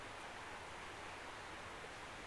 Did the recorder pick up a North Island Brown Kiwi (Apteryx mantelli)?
no